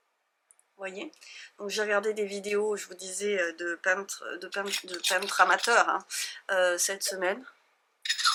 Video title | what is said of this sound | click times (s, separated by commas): Vlog #44 Avant de partir en vacances | qui se clipse. | 0.5 s, 0.6 s